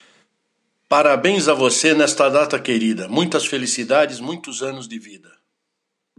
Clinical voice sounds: short text; Brazilian Portuguese; male; 70 to 79 years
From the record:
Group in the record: control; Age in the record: 71 years

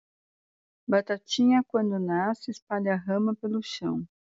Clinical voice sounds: short text; Brazilian Portuguese; female; 40 to 49 years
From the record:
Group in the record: control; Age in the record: 48 years

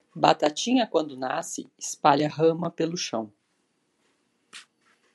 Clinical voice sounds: short text; Brazilian Portuguese; female; 40 to 49 years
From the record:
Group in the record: control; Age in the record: 46 years

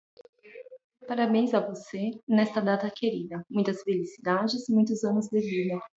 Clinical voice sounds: short text; Brazilian Portuguese; female; 30 to 39 years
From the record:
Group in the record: control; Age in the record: 35 years

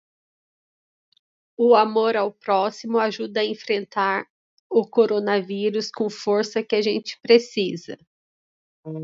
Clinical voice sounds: spoken sentence; Brazilian Portuguese; female; 40 to 49 years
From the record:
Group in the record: control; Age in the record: 44 years

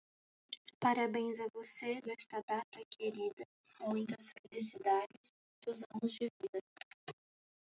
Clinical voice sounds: short text; Brazilian Portuguese; female; 20 to 29 years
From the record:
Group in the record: control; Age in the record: 21 years

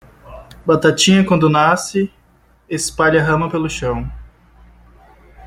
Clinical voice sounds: short text; Brazilian Portuguese; male; 20 to 29 years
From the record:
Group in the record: control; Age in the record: 21 years

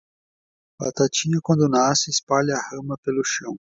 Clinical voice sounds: short text; Brazilian Portuguese; male; 30 to 39 years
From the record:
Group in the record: control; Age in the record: 34 years

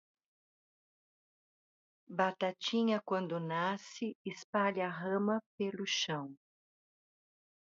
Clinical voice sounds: short text; Brazilian Portuguese; female; 60 to 69 years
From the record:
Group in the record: control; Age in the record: 64 years

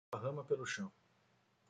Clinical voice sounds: short text; Brazilian Portuguese; male; 30 to 39 years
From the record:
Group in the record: control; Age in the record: 39 years

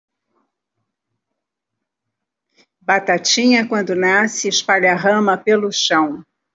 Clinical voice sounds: short text; Brazilian Portuguese; female; 70 to 79 years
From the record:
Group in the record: control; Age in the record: 73 years

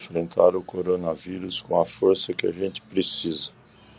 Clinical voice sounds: spoken sentence; Brazilian Portuguese; male; 60 to 69 years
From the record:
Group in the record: control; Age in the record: 67 years

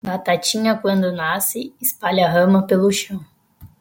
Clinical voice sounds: short text; Brazilian Portuguese; female; 20 to 29 years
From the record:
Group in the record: control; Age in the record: 22 years

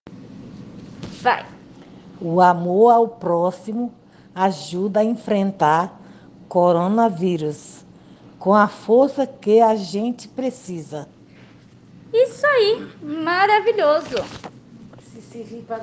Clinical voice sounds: spoken sentence; Brazilian Portuguese; female; 60 to 69 years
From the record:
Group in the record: respiratory insufficiency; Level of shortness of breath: 5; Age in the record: 67 years

